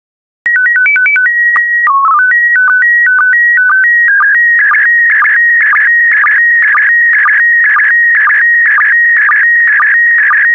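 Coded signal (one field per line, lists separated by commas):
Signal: SSTV (slow-scan television)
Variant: PD 120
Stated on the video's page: SSTV images sent in PD120 mode, recreated from stock photos with audio prompts.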